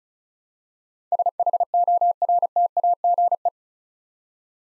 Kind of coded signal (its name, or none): Morse code